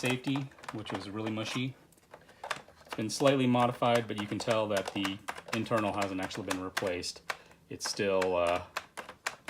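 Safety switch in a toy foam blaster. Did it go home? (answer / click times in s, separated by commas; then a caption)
yes / 9.3 s. The modified plastic safety switch on a foam-ball blaster is worked while someone talks, with a few faint plastic clicks and taps between the words. The safety clicks into place at 9.3 s.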